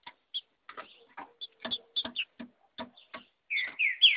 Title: femea de trinca ferro macheando ao vivo no mato